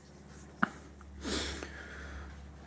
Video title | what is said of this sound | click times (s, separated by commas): Honda XL1000 Varadero - Spark Plugs and Sub Air Cleaner Filters Change | Back on with the cap. Push it down till it clicks. | 0.6 s